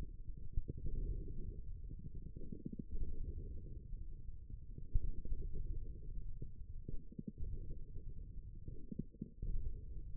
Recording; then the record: forearm muscle sounds (acoustic myography)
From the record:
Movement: ulnar deviation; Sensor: system 1, eight BSWA MPA416 microphones around the upper forearm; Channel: 7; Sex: male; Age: 54 years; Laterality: right